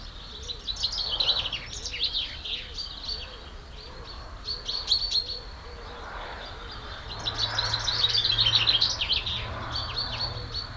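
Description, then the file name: Common chaffinch song phrases, with a soft, low note repeated in the background. "Fringilla coelebs"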